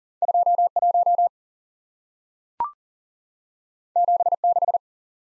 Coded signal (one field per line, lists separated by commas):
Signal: Morse code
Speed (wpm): 41 wpm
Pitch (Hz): 700 Hz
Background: none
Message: 21 76